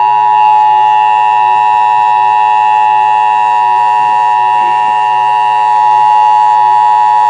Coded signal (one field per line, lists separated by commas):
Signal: Emergency Alert System (SAME) tones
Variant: 853 and 960 Hz attention tone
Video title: Severe Thunderstorm Watch 445 (EAS #1,614)